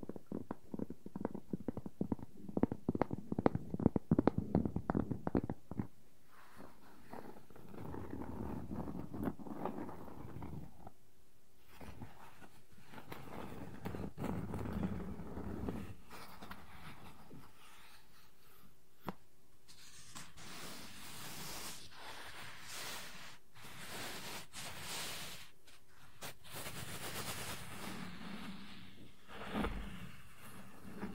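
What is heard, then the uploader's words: Wooden objects are handled: a quick run of sharp taps fills the first six seconds, then slower scraping and rubbing takes over with occasional knocks. After about twenty seconds the scratching turns brighter and hissier, with irregular louder strokes until the end. ASMR No Talking Wooden Objects Tapping and Scratching ( Cork, Bowl, Lid, Block).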